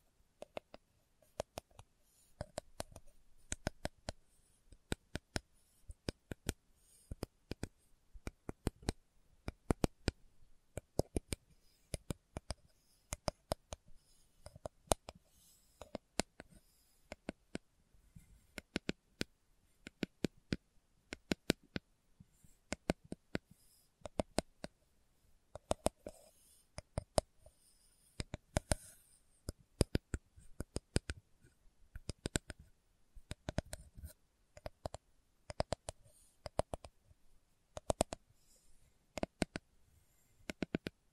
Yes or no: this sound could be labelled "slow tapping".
yes